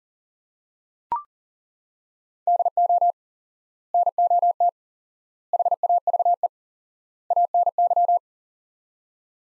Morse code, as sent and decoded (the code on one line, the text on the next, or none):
-.. --- / -. --- - / .... .- ...- . / .- -. -.--
DO NOT HAVE ANY